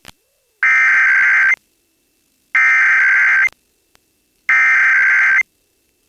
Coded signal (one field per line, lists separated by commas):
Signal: Emergency Alert System (SAME) tones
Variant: header bursts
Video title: Pennsylvania Required Monthly Tests (5/19/22)(EAS 1169-1179)